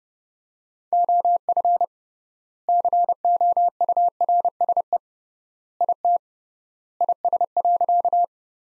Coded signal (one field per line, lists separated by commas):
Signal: Morse code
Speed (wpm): 32 wpm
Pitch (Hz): 700 Hz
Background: none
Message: OF COURSE IT IS.